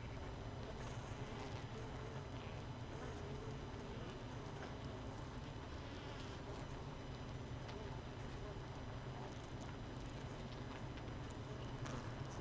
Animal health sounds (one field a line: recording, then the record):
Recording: honeybee colony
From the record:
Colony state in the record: missing queen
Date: 31 May 2018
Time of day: 5:35